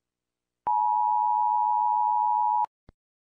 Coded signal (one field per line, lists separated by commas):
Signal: Emergency Alert System (SAME) tones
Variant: 853 and 960 Hz attention tone